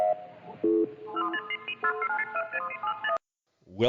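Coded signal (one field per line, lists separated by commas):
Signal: none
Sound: radio show jingle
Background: speech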